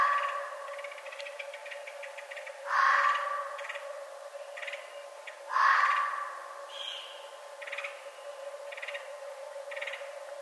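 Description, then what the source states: Red fox rough, scratchy calls, two loud bursts about three seconds apart amid fainter clicking pulses, with a steady background hum. Recorded on 11 November 2011.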